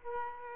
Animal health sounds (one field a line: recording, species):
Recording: mosquito wingbeat signal from an infrared sensor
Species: Culex quinquefasciatus